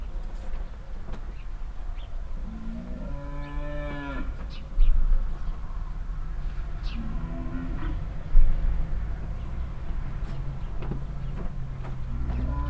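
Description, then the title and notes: Cow mooing: a moo around three to four seconds and softer moos later, over a steady low rumble with a couple of sharp knocks. Cow at a farmstead near a willow in Heiderscheid, mooing constantly and loudly while moving behind a bush; other cows answer more quietly; cars passing nearby. "Heiderscheid - farmstead cow. At a farmstead nearby a willow. A constantly loud mooing cow and moves behind a bush. Other cows answer more silently"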